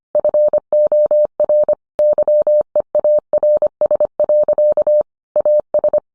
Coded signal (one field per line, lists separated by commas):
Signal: Morse code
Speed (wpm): 25 wpm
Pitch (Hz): 600 Hz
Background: none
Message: FOR YEARS. AS